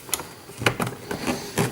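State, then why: Seated. A plastic panel piece of an FT-20 A and B Terminus Giganticus transforming figure is wedged into its slot on the figure's track section. Light plastic handling clicks at 0.1 s are followed by a sharp snap at 0.7 s as the piece seats, then smaller taps and rattles around 0.8, 1.1 and 1.6 s. The piece ends up fitting perfectly in place.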